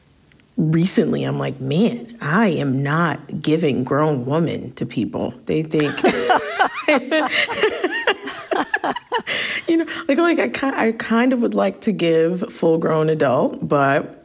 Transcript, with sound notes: recently, I'm like, man, I am not giving grown woman to people. They think...
(LAUGHTER)
You know, like, I kind of would like to give full grown adult, but